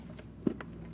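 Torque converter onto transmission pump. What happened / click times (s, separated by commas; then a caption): The heavy part dropped onto its splines and seated / 0.5 s, 0.6 s. A torque converter is rotated and pushed further onto a transmission pump. Two sharp clicks are heard at 0.5 s and 0.6 s over a low background hum. The second click shows the converter is fully engaged and seated on the pump.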